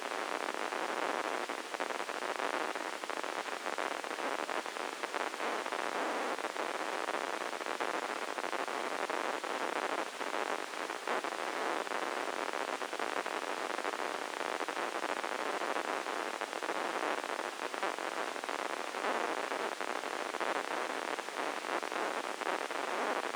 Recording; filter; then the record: brain microelectrode recording played as sound; spike band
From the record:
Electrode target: subthalamic nucleus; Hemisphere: left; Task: reaching with the right hand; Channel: 1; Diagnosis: Parkinson's disease